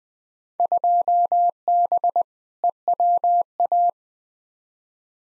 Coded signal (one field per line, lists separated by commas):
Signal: Morse code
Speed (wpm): 21 wpm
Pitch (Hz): 700 Hz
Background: none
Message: 2B EWA